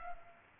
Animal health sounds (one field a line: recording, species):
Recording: mosquito wingbeat signal from an infrared sensor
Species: Culex pipiens